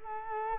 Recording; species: mosquito wingbeat signal from an infrared sensor; Culex quinquefasciatus